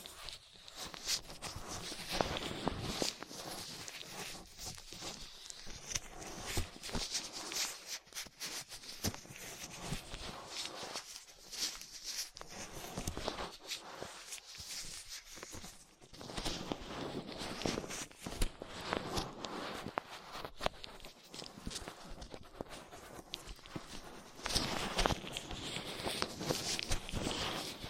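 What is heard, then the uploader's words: Ear cleaning with latex gloves, a dental pick and cotton swabs: dense crackling, rubbing and scratching sounds packed tightly throughout, bright and crisp. Short bursts of louder scraping come and go irregularly, with brief quieter gaps around eight and sixteen seconds. Ear Cleaning Latex Gloves, Dental Pick, Cotton Swabs.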